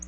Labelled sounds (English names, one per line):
Black-throated Blue Warbler flight call